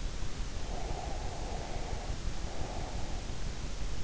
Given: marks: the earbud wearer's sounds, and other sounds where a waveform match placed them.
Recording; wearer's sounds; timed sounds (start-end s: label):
sounds in sleep by an in-ear microphone; breath
0.76-3.31 s: breath